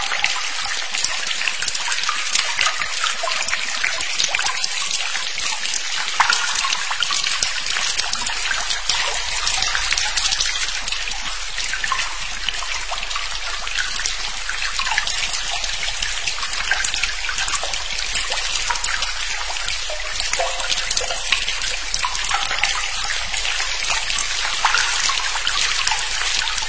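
A stream trickles and splashes steadily throughout, a dense, bright hiss of moving water with no pauses. Little sits in the low range; the sound stays even in loudness from start to finish, with only small momentary surges in the flow.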